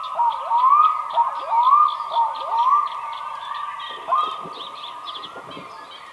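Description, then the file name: Black-throated diver calling in a steady mournful wail broken by repeated upward-slurred notes, then a quieter stretch, small birds chirping throughout. "Digiffects Sound Effects Library - Black Throated Diver Bird"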